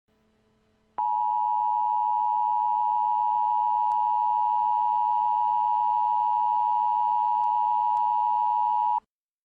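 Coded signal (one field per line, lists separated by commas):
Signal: Emergency Alert System (SAME) tones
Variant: 853 and 960 Hz attention tone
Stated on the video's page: Fictional tornado EAS scenario.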